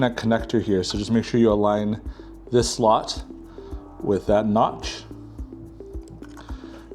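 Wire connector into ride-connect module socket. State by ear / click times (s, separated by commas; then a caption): not seated / none. Someone talks while lining up the slot on a wire connector with the notch on the RideConnect module socket of an INMOTION P6 before pushing it in, with soft music in the background. A few small handling sounds follow near the end, but the connector has not been plugged in and nothing has clicked yet.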